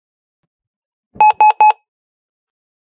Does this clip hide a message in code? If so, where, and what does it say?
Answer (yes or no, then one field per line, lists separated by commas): no